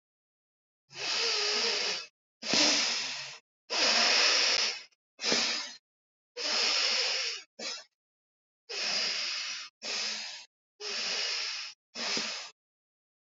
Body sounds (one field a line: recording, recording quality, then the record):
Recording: deep breathing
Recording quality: excellent, no background noise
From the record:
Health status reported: healthy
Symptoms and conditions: diabetes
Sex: male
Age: 39 years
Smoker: not ticked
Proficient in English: yes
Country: India